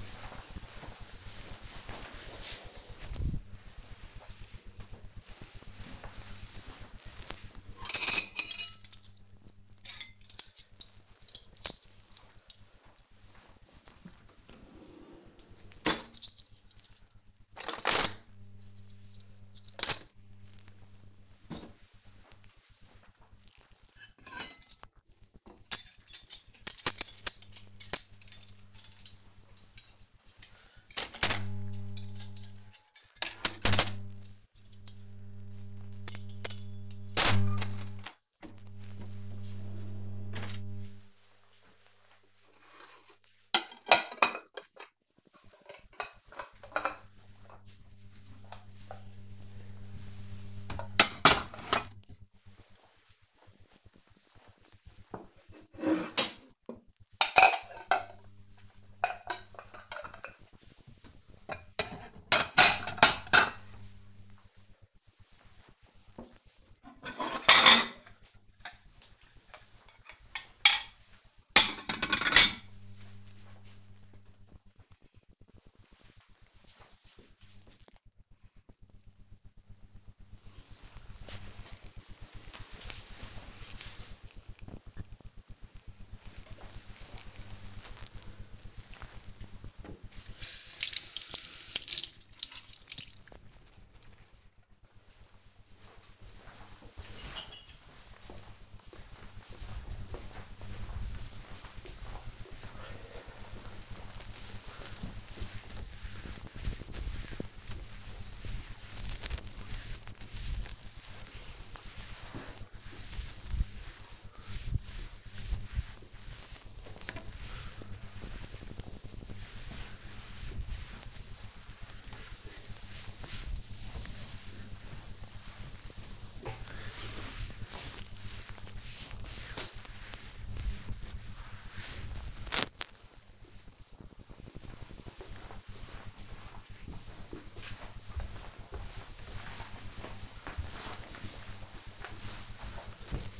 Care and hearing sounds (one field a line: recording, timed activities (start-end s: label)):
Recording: household activities, microphone on the right wrist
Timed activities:
4.26-73.80 s: putting away the dishes
85.86-133.14 s: cleaning table